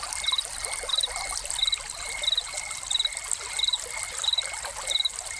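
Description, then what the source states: Crickets give regular short, shrill chirps over an unbroken wash of falling, trickling water. Crickets recorded with a fountain.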